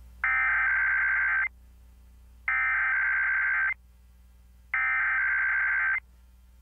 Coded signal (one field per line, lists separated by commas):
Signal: Emergency Alert System (SAME) tones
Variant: header bursts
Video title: The KUNA and IPAWS Time Zones Weeklies (EAS #23095-23102) 10/28/24